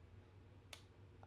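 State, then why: Released. The thumb safety lever on the frame of a Rock Island Tac Ultra MS M1911 A1 10mm pistol is flicked down to the fire position, giving a crisp, sharp click at 0.7 s, followed by a fainter tick at 1.2 s over a steady low hum. The safety is released with a clear audible click, unlike engaging it, which makes no such click.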